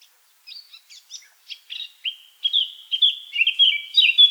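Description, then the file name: Eurasian blackcap song opening with spaced scratchy chips, then breaking into a loud, clear fluting warble. "Sylvia atricapilla"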